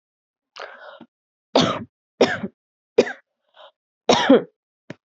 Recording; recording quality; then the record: heavy voluntary cough; excellent, no background noise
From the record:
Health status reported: healthy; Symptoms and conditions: none ticked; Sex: female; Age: 25 years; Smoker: not ticked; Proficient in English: yes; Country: India